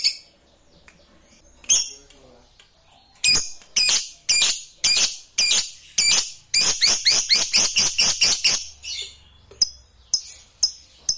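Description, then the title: Lovebird chattering, scattered sharp notes building into a quick regular series of harsh high chirps, then slowing to spaced squeaks. "Suara Lovebird"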